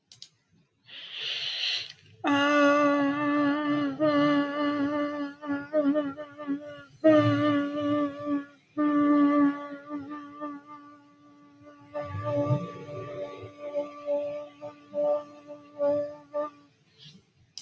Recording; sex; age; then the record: vowel held as long as possible; female; 40 to 49 years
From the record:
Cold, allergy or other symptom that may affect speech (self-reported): no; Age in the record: 42 years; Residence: Illinois, United States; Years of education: 14